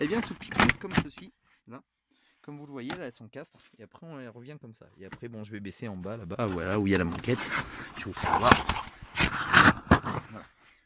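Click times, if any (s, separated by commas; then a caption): none. A plastic console trim covering the wiring harness under the driver's seat area of a Renault Scénic 2 is handled as it is pressed back toward its clips in the car floor and seat base. Someone talks throughout, with scraping and handling noises in between. Nothing has seated or clicked yet.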